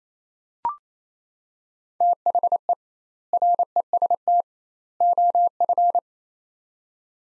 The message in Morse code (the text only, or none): THE REST OF